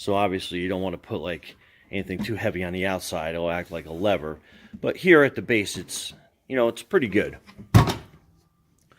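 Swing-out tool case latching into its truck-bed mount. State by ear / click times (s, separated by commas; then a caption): not seated / none. Someone talks while handling a pivoting plastic swing-out tool case, rated for a 75 lb weight limit, in its mount on a pickup truck bed, and a short, sharp knock sounds near the end. The case has not latched or locked into place yet; nothing has seated by the end of the clip.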